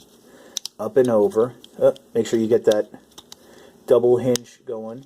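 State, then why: Seated. The arms of a plastic Transformers Robots In Disguise Combiner Force Menasor robot toy are brought up and over so their tabs slot into the chest. Two sharp clicks at 0.6 s and 0.7 s mark the tabs locking into the chest slots, followed by two fainter ticks around 3.2 s and 3.3 s. Someone talks throughout.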